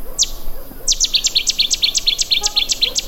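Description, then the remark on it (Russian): A bird sings a fast, rhythmic series of sharp, high downward-sweeping notes, repeated evenly about four times a second after a brief opening note, bright and insistent over quiet background. “Она прям тоже довольно ритмично поет, но похожа в этом плане на большую синицу, но мне кажется, ее голос резче гораздо.”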